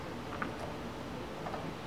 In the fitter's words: sure the snap ring is completely down in its groove push it down in there until it snaps